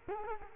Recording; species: mosquito wingbeat signal from an infrared sensor; Culex quinquefasciatus